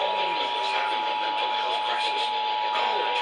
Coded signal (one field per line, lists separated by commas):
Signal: Emergency Alert System (SAME) tones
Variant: 853 and 960 Hz attention tone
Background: speech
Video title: NOVEMBER'S TEST... EAS Test Alerts From 11/4/25 - 11/26/25 (EAS#4,952 - 4,982)